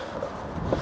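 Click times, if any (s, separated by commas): 0.7 s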